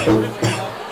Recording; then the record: coughing mixed with background sound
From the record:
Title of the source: Cough Around the Clock!